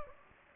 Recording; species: mosquito wingbeat signal from an infrared sensor; Anopheles gambiae